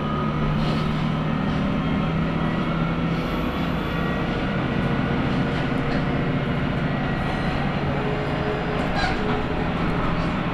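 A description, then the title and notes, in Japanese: A steady interior drone of a small local train on the move, a dense low rumble with a faint hum line that fades after about three seconds. Light clicks and rattles come through throughout, with a brief brighter squeal near nine seconds. 天竜浜名湖鉄道 西気賀→三ヶ日。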